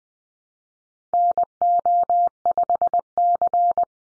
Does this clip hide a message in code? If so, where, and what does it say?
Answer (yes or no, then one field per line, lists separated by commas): yes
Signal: Morse code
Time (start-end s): 1.1-3.8 s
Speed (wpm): 20 wpm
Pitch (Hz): 700 Hz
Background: none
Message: NO5C